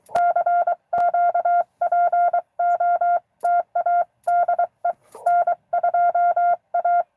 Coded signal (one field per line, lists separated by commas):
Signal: Morse code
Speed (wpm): 23 wpm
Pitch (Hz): 700 Hz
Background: none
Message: CQ POTA DE N2A